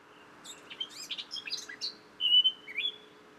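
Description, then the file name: Eurasian blackcap giving a quiet, scratchy twittering subsong that ends in a couple of pure, loud whistled notes. "Sylvia atricapilla"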